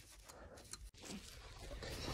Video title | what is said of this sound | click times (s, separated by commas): How to Install Airbags, Seat Belts & ECU on a Peugeot Partner Van!? | right, it was a little fiddly, but I've got it in. Clicked into place. | 0.7 s